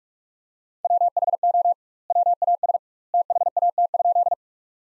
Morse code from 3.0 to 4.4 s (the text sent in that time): THAT?